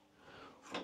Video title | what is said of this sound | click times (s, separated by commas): Mini traktoriukui montuoju lankus - Vlogas - 2024 09 25 | užsifiksuoja | 0.8 s